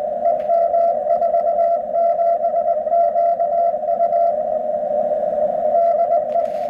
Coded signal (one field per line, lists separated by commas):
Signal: Morse code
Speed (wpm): 20 wpm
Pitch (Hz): 680 Hz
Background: radio noise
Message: EM47QU DE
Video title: Si5351a Etherkit up conversion to 432 MHz